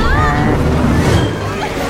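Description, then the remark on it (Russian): A steady, loud rushing roar of a misty whirlwind fills the whole two seconds, a broad windy surge with voices crying out over it as five people are caught up and spun inside the giant funnel. “Их подхватывает туманный смерч.”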